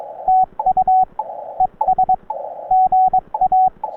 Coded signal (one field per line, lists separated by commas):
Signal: Morse code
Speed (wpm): 22 wpm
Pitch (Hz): 750 Hz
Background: radio noise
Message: TU ES GA